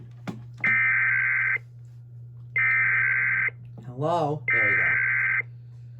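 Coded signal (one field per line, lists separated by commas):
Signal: Emergency Alert System (SAME) tones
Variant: header bursts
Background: speech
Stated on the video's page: Kentucky Required Monthly Test broadcast on the Emergency Alert System.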